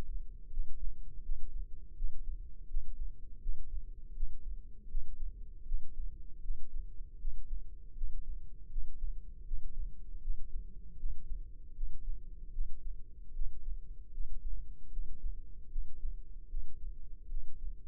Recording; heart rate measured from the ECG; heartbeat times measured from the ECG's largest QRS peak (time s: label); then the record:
heart sounds by microphone in the left ear; 79 bpm
0.51 s: heartbeat
1.23 s: heartbeat
1.96 s: heartbeat
2.68 s: heartbeat
3.40 s: heartbeat
4.14 s: heartbeat
4.89 s: heartbeat
5.66 s: heartbeat
6.42 s: heartbeat
7.19 s: heartbeat
7.95 s: heartbeat
8.70 s: heartbeat
9.45 s: heartbeat
10.22 s: heartbeat
10.97 s: heartbeat
11.75 s: heartbeat
12.52 s: heartbeat
13.33 s: heartbeat
14.12 s: heartbeat
14.91 s: heartbeat
15.70 s: heartbeat
16.48 s: heartbeat
17.29 s: heartbeat
From the record:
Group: healthy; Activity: Valsalva maneuver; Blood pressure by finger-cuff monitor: 82/50 mmHg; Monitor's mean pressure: 62 mmHg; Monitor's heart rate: 79 bpm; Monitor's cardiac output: 7.1 L/min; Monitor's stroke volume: 89 mL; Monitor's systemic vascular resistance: 620 dyn s/cm5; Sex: female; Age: 22 years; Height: 161 cm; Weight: 65.5 kg